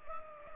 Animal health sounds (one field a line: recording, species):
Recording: mosquito wingbeat signal from an infrared sensor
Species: Culex pipiens